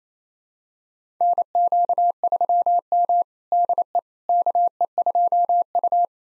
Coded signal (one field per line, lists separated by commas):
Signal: Morse code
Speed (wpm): 28 wpm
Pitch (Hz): 700 Hz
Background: none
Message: NQ3M DE KE2U